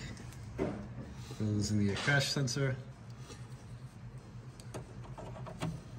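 On a 2007-2017 Ford Expedition, during front window regulator replacement, the wiring harness connector is handled for plugging into the door crash sensor. Someone talks, then faint handling sounds follow, with short sharp ticks at about 4.6, 4.7 and 5.5 seconds. The connector has not seated or clicked in yet.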